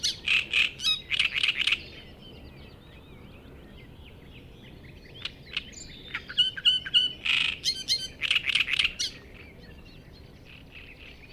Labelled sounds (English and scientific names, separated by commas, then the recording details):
Great Reed Warbler (Acrocephalus arundinaceus) song
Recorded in the wild
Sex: male
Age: adult
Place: Hobrechtsfelder Rieselfelder, Naturpark Barnim, Berlin, DE
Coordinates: 52.6683, 13.4719
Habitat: pond
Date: 2009-05-03
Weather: fair, 6°C, almost no wind
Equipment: Sound Devices 702, Sennheiser MKH 70, Rycote Windschutz
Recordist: Frommolt, Karl-Heinz
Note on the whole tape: Großer Reinigungsteich, ausgedehnter Schilfbestand im Nordosten: Gesang. Entfernung ca